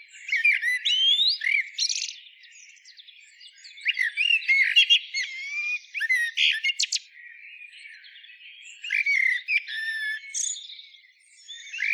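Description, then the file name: Common blackbird delivering rich whistled phrases with upward slurs and scratchy high trills, the phrases separated by quieter gaps. "Turdus merula"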